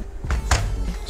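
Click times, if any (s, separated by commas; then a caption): 0.3 s, 0.5 s. The plastic cover of an Audi A6 (B4) / A4 (B5) instrument cluster, being refitted during a speedometer display repair, is pressed onto its housing so the clips on each side snap in. Two short, sharp clicks are heard at 0.3 s and 0.5 s, the second louder, over a low background rumble. The cover seats, with the clips confirmed snapped in place, and its fit is then checked by wiggling it right and left.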